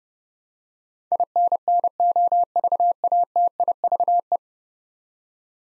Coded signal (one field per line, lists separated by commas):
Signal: Morse code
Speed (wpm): 31 wpm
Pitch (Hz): 700 Hz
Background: none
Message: INNOVATIVE